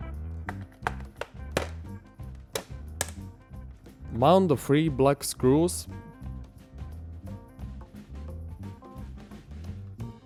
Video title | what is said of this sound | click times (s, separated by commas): PS4 Pro Cleaning | push it together you will hear clicks | 0.5 s, 0.9 s, 1.2 s, 1.6 s, 2.6 s, 3.0 s